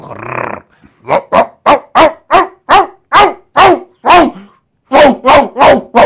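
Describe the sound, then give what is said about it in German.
A dog barks in a fast, steady volley of about a dozen loud, sharp yaps after a brief rough rumble, pausing once before a final burst of three more barks. “Ja, das ist sehr hilfreich, weil irgendwann kommt es dazu, dass man eben auf einer Gasse, auf einem Weg einer Katze begegnet und dann muss man eben wissen, dass man die zu verbellen hat und knurren muss.”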